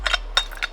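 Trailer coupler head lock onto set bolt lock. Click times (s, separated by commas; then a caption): 0.4 s. A metal trailer coupler head lock is slid over the housing of a BT-8BL set bolt lock for storage. Short, sharp metallic clinks are heard, with the loudest snap at 0.4 seconds as the coupler head lock locks into place.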